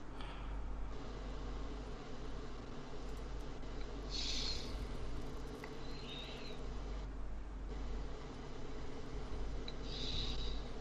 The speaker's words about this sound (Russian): У тебя козюля застряла, поэтому свист идет. Она уже на микрофоне.